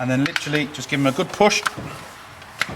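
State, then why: Seated. Someone talks while ignition coil packs on a Volkswagen 1.4 petrol Golf, first placed loosely in the plastic engine cover, are pushed down firmly onto the spark plugs in the cylinder head. A sharp click at 2.6 s marks a coil pack seating onto its spark plug.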